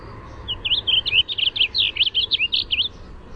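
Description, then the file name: Warbling vireo song: a bubbly run of many quick slurred notes, rising and dipping, about two and a half seconds, over steady low hum. "WAVI song"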